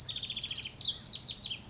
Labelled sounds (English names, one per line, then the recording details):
House Wren
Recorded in Sonoma County, California